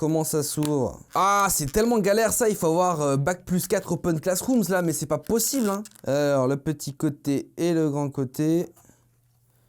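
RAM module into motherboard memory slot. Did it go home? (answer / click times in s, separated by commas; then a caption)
no / none. A RAM module is handled at a motherboard memory slot, lined up small side and long side, while a man talks almost continuously. No latch click is heard, and the clip ends before the module is pushed home, so nothing has seated or clicked yet.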